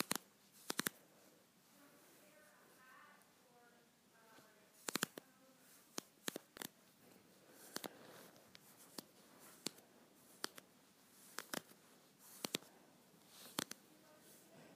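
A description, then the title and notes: Scratchy leggings rustle and rub in irregular bursts, with sharp scratchy snaps near 1, 5, 6–6.5, 8–10 and 12–13.5 seconds. Between them runs a soft, steady hiss. A faint voice murmurs briefly around 2 to 5 seconds. ASMR Scratchy Leggings.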